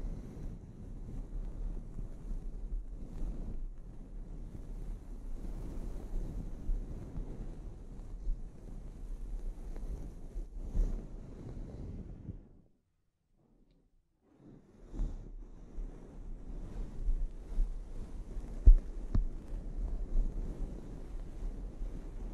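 A scalp treatment: a steady, dense low rubbing and rustling, like hands working through hair, with soft swells and a sharp click near 19 seconds. The sound drops to near silence from about 12.5 to 14.5 seconds before the rubbing resumes.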